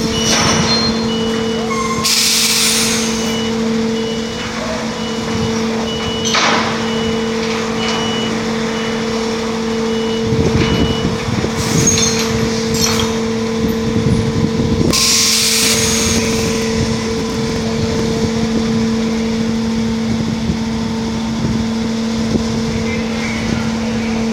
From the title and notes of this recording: Lorries Loading Ferry at Dover Ferry Terminal by William Bode.